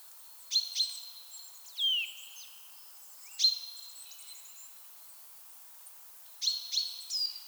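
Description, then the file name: Eurasian nuthatch gives a pair of sharp notes, a falling whistle and a single high note, then a pause before more high calls. "Sitta europaea"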